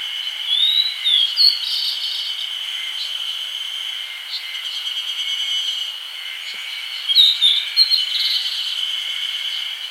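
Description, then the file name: Grey bunting sounding two short groups of thin, high chirps, one near the start and one near seven seconds, set against a persistent insect drone. "Emberiza variabilis"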